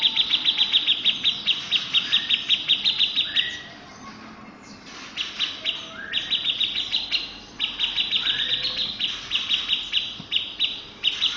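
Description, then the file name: Grey-cheeked bulbul giving fast, steady chattering notes with occasional rising whistled slurs, a short quiet gap midway, then more rapid chirping. "cucak jenggot om firly"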